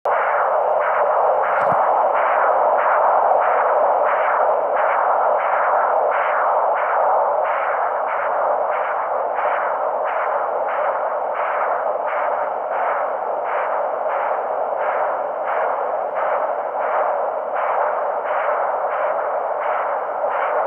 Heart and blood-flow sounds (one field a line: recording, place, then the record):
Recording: Doppler ultrasound of blood flow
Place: carotid artery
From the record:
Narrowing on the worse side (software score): occlusion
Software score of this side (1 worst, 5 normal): 1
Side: left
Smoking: never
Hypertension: yes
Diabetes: type 2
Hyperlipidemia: yes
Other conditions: systemic lupus erythematosus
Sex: female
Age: 23 years